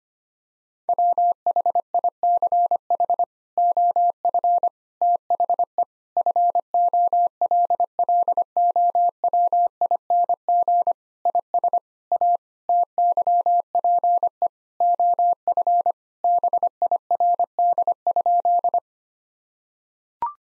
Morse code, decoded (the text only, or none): WHICH OF THE FOLLOWING IS A TYPE OF BIRD?